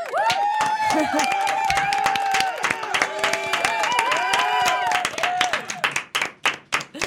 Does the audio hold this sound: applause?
yes